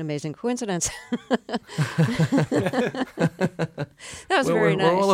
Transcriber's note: laughter